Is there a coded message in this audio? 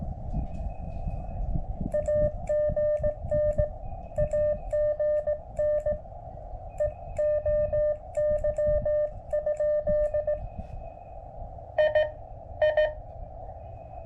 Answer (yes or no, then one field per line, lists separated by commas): yes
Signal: Morse code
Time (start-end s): 1.9-12.9 s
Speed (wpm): 16 wpm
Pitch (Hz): 600 Hz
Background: music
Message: AGN AGN EOY? I I